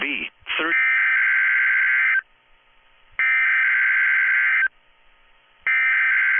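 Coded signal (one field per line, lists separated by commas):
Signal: Emergency Alert System (SAME) tones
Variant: header bursts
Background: speech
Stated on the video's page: NOAA Weather Radio tests and an Arizona Required Monthly Test.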